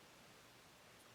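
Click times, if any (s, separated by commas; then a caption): none. A detachable painted resin accessory piece, held by embedded magnets, is handled near a PrototypeZ Street Fighter Ryu Color 1 EX Fireball resin statue kit with a lava base. Only a steady, even broadband hiss with faint rustling is heard, with no distinct impacts. Nothing has seated or clicked yet.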